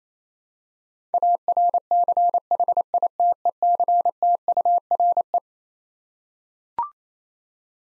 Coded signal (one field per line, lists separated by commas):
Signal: Morse code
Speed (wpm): 28 wpm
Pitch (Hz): 700 Hz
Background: none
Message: ARCHITECTURE